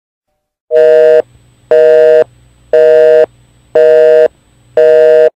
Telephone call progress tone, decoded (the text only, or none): busy tone